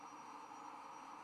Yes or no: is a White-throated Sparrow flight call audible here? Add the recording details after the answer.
no. No flight call is heard. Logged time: 04:33 on 1 December 2014